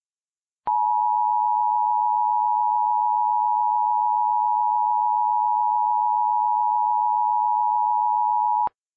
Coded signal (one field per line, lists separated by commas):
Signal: Emergency Alert System (SAME) tones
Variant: 853 and 960 Hz attention tone